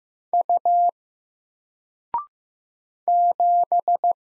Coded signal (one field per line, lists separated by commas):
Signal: Morse code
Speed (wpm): 15 wpm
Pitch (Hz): 700 Hz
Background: none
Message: U 7